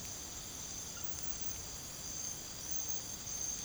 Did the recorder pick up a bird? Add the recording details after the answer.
no. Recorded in pastures near Puerto Asís, Putumayo, Colombia, on 8 March 2025 at 02:00. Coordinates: 0.486, -76.323. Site G075